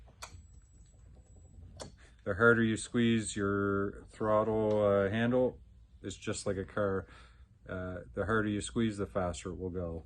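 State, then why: Released. A parking brake lever on a floor scrubber is grabbed and released, giving a sharp tick at 0.2 s. Someone then talks, and the brake is released.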